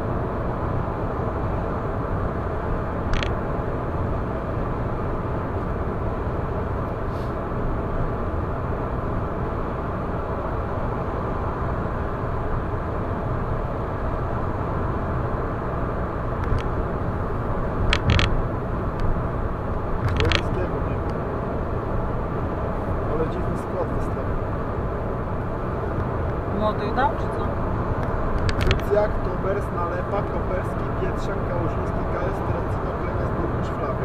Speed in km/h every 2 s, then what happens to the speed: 111, 111, 111, 110, 111, 111, 110, 110, 110, 111, 111, 111, 111, 111, 111, 111, 111.
0-34 steady at about 111.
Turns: none.